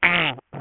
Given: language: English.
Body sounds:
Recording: throat vibration sensor signal played as sound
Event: throat clearing

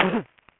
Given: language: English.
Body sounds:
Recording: throat vibration sensor signal played as sound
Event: cough

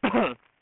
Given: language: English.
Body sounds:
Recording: throat vibration sensor signal played as sound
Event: cough

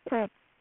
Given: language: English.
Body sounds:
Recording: throat vibration sensor signal played as sound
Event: speech

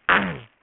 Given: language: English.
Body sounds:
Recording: throat vibration sensor signal played as sound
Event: throat clearing

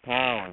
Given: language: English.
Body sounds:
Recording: throat vibration sensor signal played as sound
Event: speech

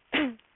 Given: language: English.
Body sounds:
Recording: throat vibration sensor signal played as sound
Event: cough

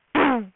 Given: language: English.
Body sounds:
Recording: throat vibration sensor signal played as sound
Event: throat clearing

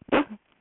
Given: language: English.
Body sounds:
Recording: throat vibration sensor signal played as sound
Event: cough

